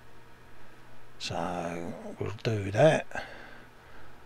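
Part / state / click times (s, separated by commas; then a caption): plastic fuel tank half into the matching tank half of a scale model motorcycle / not seated / none. Someone talks while handling the two plastic fuel tank halves of a 1:4 scale Yamaha YZR-M1 MotoGP motorcycle model, pressing them together with the valve body so they locate on the pegs. Nothing has seated or clicked yet.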